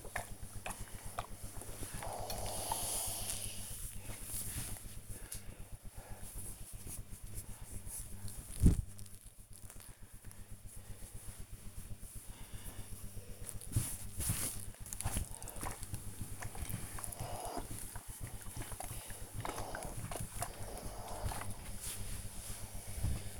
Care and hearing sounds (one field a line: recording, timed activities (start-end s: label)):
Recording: household activities, microphone on the right wrist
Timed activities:
0.00-23.39 s: ironing laundry